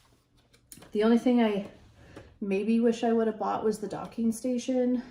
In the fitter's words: and then turn it and it locks into place like this vacuum is so easy so